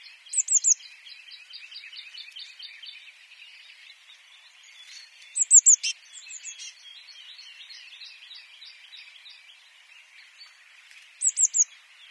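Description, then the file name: Eurasian blue tit repeating bright, piercing 'tsee-tsee-tsee' phrases three times, spaced about five seconds apart, above a continuous wash of soft twittering. "Cyanistes caeruleus"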